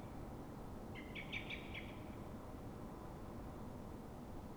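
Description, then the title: Common blackbird alarm call: one short burst of sharp, clipped chattering notes lasting about a second, over a steady low rumble. Dawn, Fuenlabrada, Madrid, Spain; same bird recorded twenty minutes after earlier calls, now frightened or threatened, probably by another blackbird; Zoom H1n recorder. "Pl. de Francisco Escolar, 10, 28944 Fuenlabrada, Madrid, España - Mirlo asustado"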